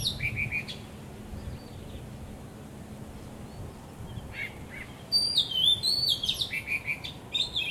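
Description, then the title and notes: Bird song: a brief high trill at the start, a quiet stretch, then a lively burst of high sliding whistles and chatter in the last few seconds. Birds singing vigorously at Wu Kai Sha, Hong Kong, on 15 December 2006; recorded with AKG condenser microphones in XY stereo. "香港 烏溪沙 雀鳥勁唱歌 Date: 15 December 2006"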